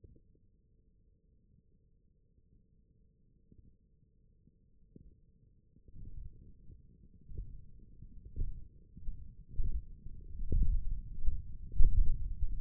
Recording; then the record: forearm muscle sounds (acoustic myography)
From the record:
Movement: index flexion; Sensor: system 1, eight BSWA MPA416 microphones around the upper forearm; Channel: 5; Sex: male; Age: 21 years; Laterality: right